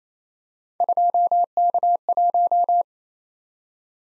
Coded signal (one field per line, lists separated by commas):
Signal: Morse code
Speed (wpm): 28 wpm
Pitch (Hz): 700 Hz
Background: none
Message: 2K1